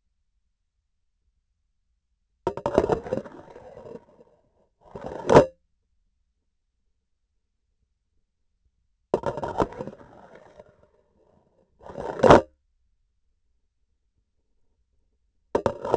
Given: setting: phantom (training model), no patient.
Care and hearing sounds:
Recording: laparoscopic instrument, vibration sensor on the handle end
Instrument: grasping forceps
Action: insertion and removal through the trocar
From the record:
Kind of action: spatial motion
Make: other than Olympus

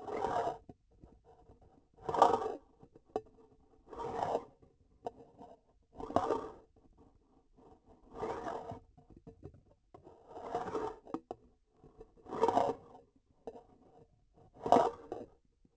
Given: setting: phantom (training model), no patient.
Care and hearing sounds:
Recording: laparoscopic instrument, vibration sensor on the handle end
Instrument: grasping forceps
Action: approaching and retracting movements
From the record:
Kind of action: spatial motion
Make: Olympus

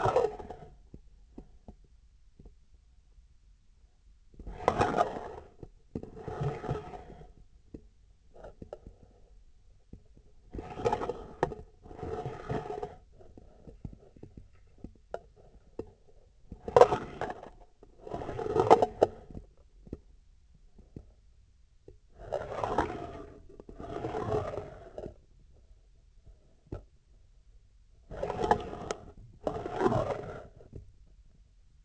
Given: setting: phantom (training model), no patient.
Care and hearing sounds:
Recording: laparoscopic instrument, vibration sensor on the handle end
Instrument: scissors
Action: approaching and retracting movements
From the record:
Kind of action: spatial motion

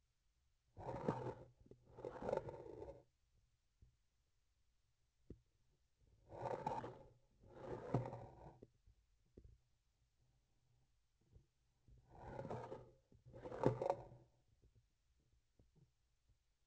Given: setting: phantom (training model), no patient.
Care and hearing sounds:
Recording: laparoscopic instrument, vibration sensor on the handle end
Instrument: grasping forceps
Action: approaching and retracting movements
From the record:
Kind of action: spatial motion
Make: other than Olympus

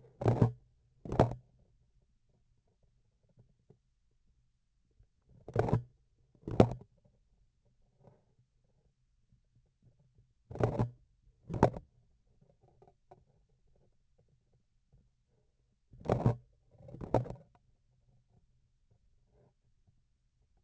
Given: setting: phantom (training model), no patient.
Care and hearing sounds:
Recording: laparoscopic instrument, vibration sensor on the handle end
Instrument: grasping forceps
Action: opening and closing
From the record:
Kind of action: tool actuation without material contact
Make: other than Olympus

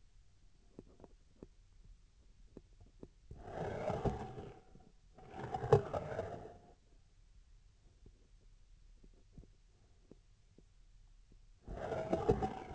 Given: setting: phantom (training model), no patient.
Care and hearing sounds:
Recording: laparoscopic instrument, vibration sensor on the handle end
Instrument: scissors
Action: approaching and retracting movements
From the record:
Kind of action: spatial motion

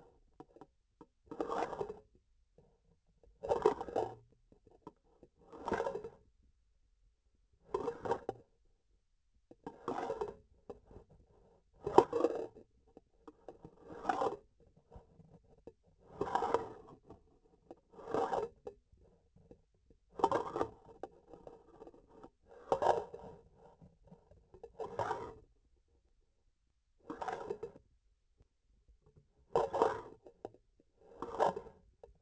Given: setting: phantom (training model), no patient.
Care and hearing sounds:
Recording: laparoscopic instrument, vibration sensor on the handle end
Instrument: grasping forceps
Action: approaching and retracting movements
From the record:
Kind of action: spatial motion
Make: Olympus

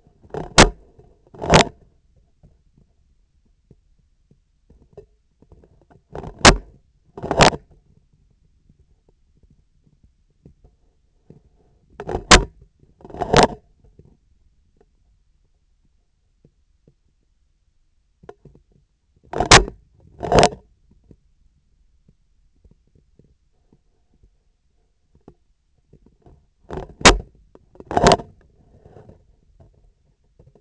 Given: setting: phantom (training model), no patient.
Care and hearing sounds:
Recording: laparoscopic instrument, vibration sensor on the handle end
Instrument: scissors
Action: opening and closing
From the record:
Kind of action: tool actuation without material contact

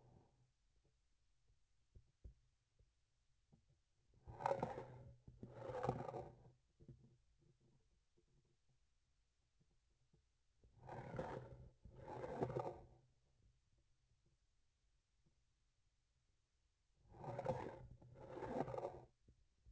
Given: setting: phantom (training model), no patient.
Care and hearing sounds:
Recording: laparoscopic instrument, vibration sensor on the handle end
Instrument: grasping forceps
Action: approaching and retracting movements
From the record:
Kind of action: spatial motion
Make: other than Olympus

